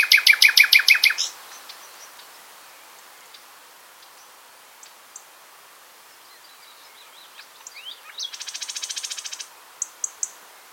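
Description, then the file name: Common nightingale singing a loud burst of rapid repeated notes, a long quiet gap with scattered soft notes, then a dense buzzy trill followed by a few sharp clicks. "Luscinia megarhynchos"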